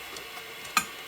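A rotary attachment is placed into the bed of an eufyMake UV Printer E1 after the mini flatbed is removed. Against a faint background hiss with a few soft ticks, a single sharp click is heard at 0.8 s as the attachment seats perfectly in the bed.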